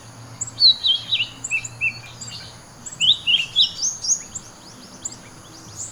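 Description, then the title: Bird delivering rapid bursts of twittering, downward-slurred whistles, a lively run early and another after three seconds, over a faint high background hum. "SuaraBurung Kicau"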